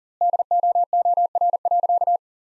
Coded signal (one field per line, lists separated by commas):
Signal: Morse code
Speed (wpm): 40 wpm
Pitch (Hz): 700 Hz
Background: none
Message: DOOR.